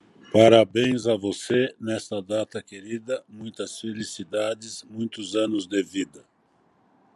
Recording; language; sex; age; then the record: short text; Brazilian Portuguese; male; 60 to 69 years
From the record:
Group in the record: control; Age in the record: 62 years